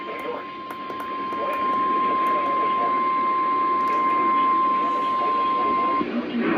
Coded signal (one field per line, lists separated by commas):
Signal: Emergency Alert System (SAME) tones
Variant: 1050 Hz attention tone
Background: speech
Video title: MERRY JIMINY CHRISTMAS... EAS Alerts from 12/25/20 (EAS 4348-4383)